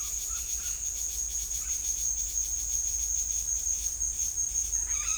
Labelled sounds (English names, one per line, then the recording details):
none
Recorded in secondary vegetation near Puerto Asís, Putumayo, Colombia, on 20 December 2024 at 17:00
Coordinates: 0.484, -76.319
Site GP06